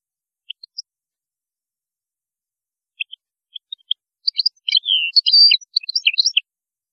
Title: Chant Chardonneret